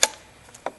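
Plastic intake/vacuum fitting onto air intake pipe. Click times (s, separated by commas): 0.0 s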